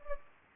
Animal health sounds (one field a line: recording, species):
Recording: mosquito wingbeat signal from an infrared sensor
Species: Anopheles gambiae